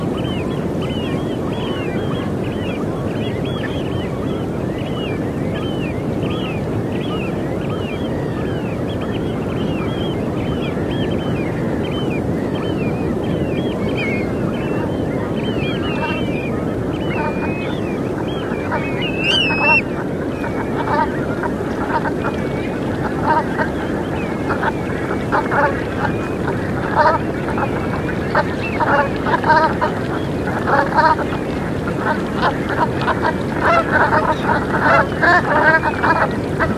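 Seabirds call over a steady, deep rush of ocean surf that never lets up. Through the first twenty seconds, repeated wavering cries rise and fall above the roar; after that the calls turn into a denser, louder chatter of short, sharp notes.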